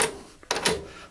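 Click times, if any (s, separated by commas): 0.5 s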